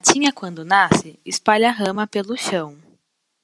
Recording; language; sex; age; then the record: short text; Brazilian Portuguese; female; 20 to 29 years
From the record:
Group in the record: control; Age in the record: 23 years